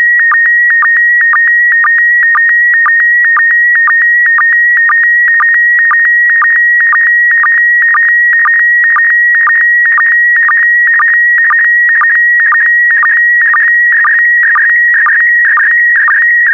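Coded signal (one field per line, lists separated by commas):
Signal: SSTV (slow-scan television)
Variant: PD120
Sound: steady high warbling tone with a short low blip about twice a second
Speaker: complete. You can now check your decoded image against the picture that is shown on the video.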